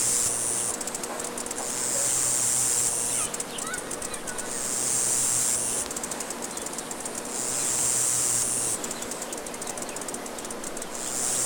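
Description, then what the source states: Cricket chirping in high shrill spells lasting about two seconds, each followed by a rapid pulsed section, cycling steadily through the recording over background hiss. Recorded outdoors.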